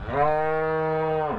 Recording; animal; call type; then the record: contact call of a hoofed animal; cattle; low-frequency (closed-mouth) or high-frequency (open-mouth) call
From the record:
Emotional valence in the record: negative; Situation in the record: full separation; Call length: 1.39 s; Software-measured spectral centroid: 1030 Hz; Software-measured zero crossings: 1310 a second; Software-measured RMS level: -24 dBFS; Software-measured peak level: -10 dBFS